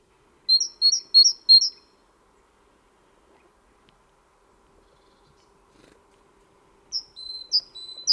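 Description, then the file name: Great tit singing a fast, ringing two-note phrase four times, then silence, then the same see-saw notes starting again near the end. "Parus major"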